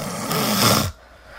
It starts getting louder. that was like a big inhalation. Snortle. that's a subtle sign that there could be an element of obstructive sleep apnea there.